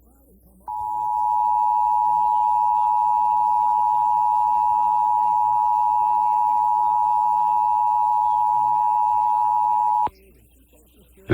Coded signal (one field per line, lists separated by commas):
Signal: Emergency Alert System (SAME) tones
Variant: 853 and 960 Hz attention tone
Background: speech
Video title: RMT ON KDWB-FM EAS #5498